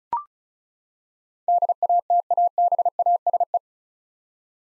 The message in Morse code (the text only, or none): DATABASE